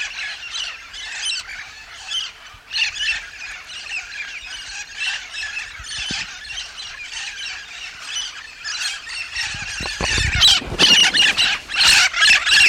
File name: loroalisero